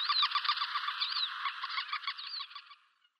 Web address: Schulze Peter White-tailed Lapwing alarmcalls